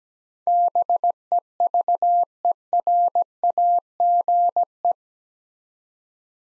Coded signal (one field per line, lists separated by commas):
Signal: Morse code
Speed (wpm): 17 wpm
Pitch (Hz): 700 Hz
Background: none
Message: BEVERAGE